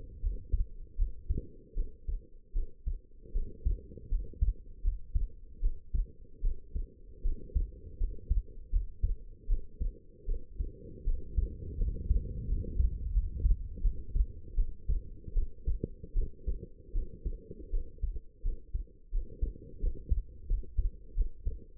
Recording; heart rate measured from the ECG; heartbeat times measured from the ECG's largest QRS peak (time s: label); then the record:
heart sounds by stethoscope; 80 bpm
0.21 s: heartbeat
0.97 s: heartbeat
1.74 s: heartbeat
2.53 s: heartbeat
3.33 s: heartbeat
4.09 s: heartbeat
4.82 s: heartbeat
5.61 s: heartbeat
6.42 s: heartbeat
7.22 s: heartbeat
7.98 s: heartbeat
8.71 s: heartbeat
9.47 s: heartbeat
10.26 s: heartbeat
11.04 s: heartbeat
11.77 s: heartbeat
12.47 s: heartbeat
13.13 s: heartbeat
13.82 s: heartbeat
14.55 s: heartbeat
15.34 s: heartbeat
16.14 s: heartbeat
16.93 s: heartbeat
17.71 s: heartbeat
18.43 s: heartbeat
19.11 s: heartbeat
19.80 s: heartbeat
20.47 s: heartbeat
21.15 s: heartbeat
From the record:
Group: healthy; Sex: female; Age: 19 years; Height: 163 cm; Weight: 51 kg